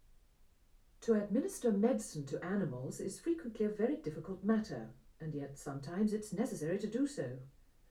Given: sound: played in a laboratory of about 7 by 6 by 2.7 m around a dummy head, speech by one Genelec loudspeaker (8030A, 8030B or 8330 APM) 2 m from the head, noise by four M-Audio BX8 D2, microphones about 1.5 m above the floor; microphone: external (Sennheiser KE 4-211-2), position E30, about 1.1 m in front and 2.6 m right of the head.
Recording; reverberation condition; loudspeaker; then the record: female speech in English; low; 60 degrees to the left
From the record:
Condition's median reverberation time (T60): about 310 ms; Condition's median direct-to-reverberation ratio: about 3.5 dB